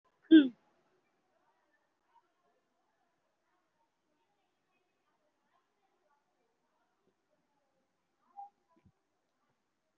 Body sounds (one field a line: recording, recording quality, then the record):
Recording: shallow breathing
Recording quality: poor, much background noise or distortion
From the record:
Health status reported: COVID-19 positive, mild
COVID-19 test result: positive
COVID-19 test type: RT-PCR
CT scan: not taken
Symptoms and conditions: fever, fatigue, muscle pain, pneumonia, diabetes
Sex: male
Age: 75 years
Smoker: no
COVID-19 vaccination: none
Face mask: not worn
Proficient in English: yes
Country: India